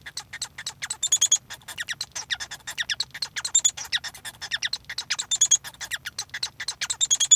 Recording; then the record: song of a male Bengalese finch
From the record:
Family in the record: son of father 1